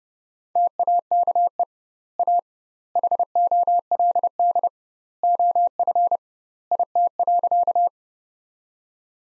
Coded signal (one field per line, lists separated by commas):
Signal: Morse code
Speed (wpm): 32 wpm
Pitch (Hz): 700 Hz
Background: none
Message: TAKE A HOLD OF IT.